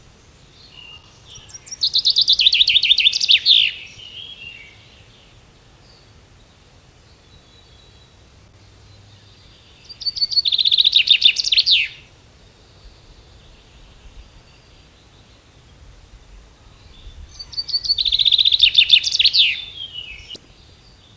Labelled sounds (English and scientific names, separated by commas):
Common Chaffinch (Fringilla coelebs) song